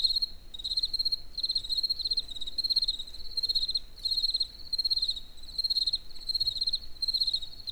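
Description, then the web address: Cricket chirps, shrill and pulsed, coming in regular bursts with short gaps, over a quiet low background. In nature near the Eger tourist house (Egerturistaház). "allathangok termeszetben tucsok egerturistahaz"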